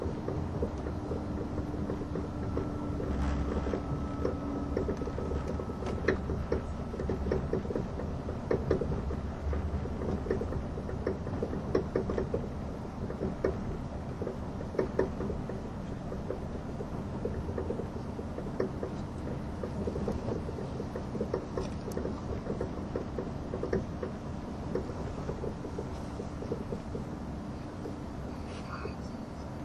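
A train runs steadily along the Gotthard Base Tunnel route, a constant low rumble and roar that holds at an even level throughout. Faint clicks and rattles recur irregularly over the drone, and a thin whine appears briefly around the third second.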